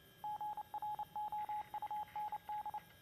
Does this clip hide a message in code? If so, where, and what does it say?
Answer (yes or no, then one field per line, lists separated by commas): yes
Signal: Morse code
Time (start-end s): 0.2-2.8 s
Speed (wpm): 29 wpm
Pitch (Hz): 840 Hz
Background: radio noise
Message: GROUND